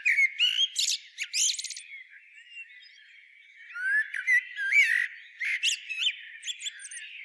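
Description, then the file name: Common blackbird, fluting warbles alternating with high squeaky twitters, in two bursts separated by a quieter stretch midway. "Turdus merula"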